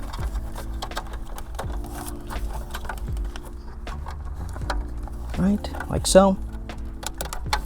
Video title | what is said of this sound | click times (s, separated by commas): This ONE Amp Fixed This Toyota's Whole Sound System! - Full Amp Install | Still no click, okay? It may look like it's in, but it's not in. | none